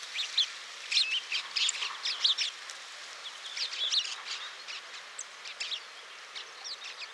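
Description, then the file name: House sparrow chirping: a busy stream of short, bright, high chips and cheeps, irregular and overlapping, over a steady hiss of background noise. "Passer domesticus"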